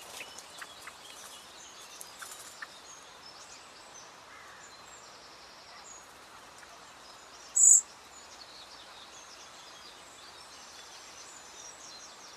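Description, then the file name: Common blackbird giving a single thin, very high-pitched call note, with faint scattered chirps in the background. "Turdus merula"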